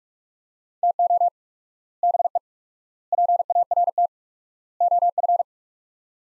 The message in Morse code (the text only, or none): TO BE PART OF